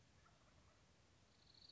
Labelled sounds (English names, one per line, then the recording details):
Wild Turkey
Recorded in Sonoma County, California